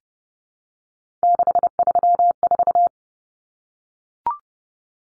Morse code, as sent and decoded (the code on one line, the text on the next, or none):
-.... ...-- ....-
634